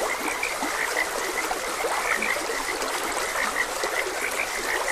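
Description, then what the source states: Frog croaks repeat irregularly from a chorus of callers, with flowing stream water steady in the background. Frogs croaking beside a gentle stream.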